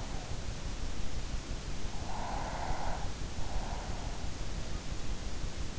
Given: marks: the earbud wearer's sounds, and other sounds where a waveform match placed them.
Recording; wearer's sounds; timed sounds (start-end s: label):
sounds in sleep by an in-ear microphone; breath
1.89-4.17 s: breath